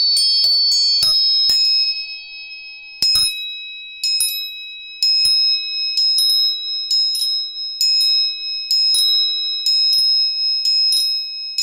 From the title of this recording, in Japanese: 音叉チューニング